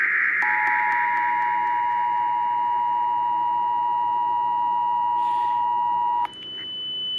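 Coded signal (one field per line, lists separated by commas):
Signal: Emergency Alert System (SAME) tones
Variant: 853 and 960 Hz attention tone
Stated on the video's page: Fictional alert scenario.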